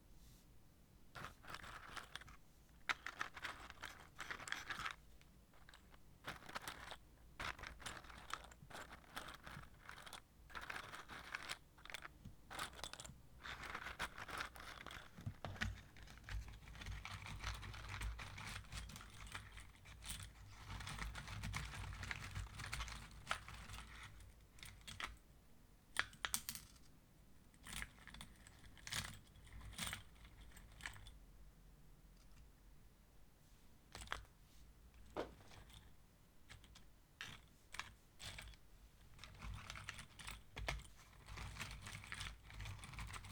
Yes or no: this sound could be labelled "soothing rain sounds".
no